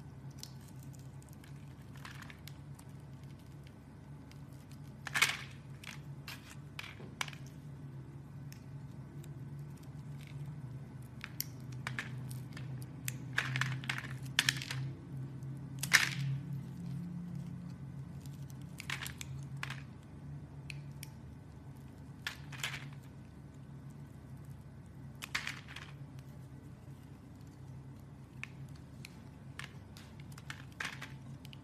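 Soap carving: a blade scrapes and nicks at a bar in scattered bursts, sharp short cuts every second or two, busiest between 12 and 17 seconds. Under them runs a steady low hum, with faint crackle and soft squishing between the cuts.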